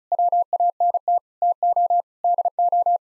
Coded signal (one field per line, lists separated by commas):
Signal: Morse code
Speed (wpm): 34 wpm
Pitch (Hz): 700 Hz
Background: none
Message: WANT TO DO